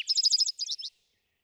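Vesper sparrow song ending: a rapid, high trill of repeated chip-like notes, slowing briefly into a few slurred notes before stopping.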